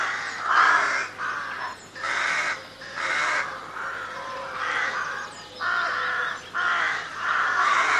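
Crow giving a series of coarse, grating caws, several calls in quick succession.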